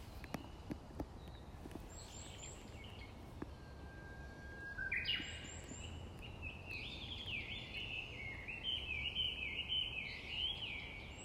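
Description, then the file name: Japanese bush warbler song, a long steady whistle rising into a quick flourish, followed by a run of warbled notes, with faint high chirps from other birds and background hiss. "Uguisu"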